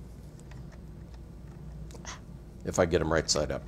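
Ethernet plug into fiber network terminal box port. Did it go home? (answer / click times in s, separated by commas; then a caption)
no / none. Ethernet plugs are handled and turned to get them right side up before being pushed into the ports of a fiber network terminal box, with only faint handling ticks heard. Someone talks toward the end. Nothing has seated or clicked yet.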